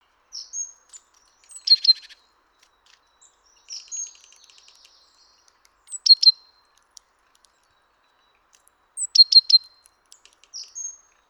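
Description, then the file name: Great tit calls in short high bursts: a thin high whistle followed by two or three sharp ticking notes, repeated several times, with faint buzzy chatter between. "Parus major"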